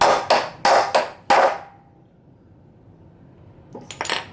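A metal bearing race is hammered into the wheel hub of a 1962 Ford Falcon with five sharp, ringing blows between 0.0 and 1.3 s, the last one leaving a brief metallic ring. Quiet follows, then a few lighter metallic taps around 3.8 to 4.1 s. The race is driven fully home and seated all the way, with the seating blows at 0.0 s and 0.7 s.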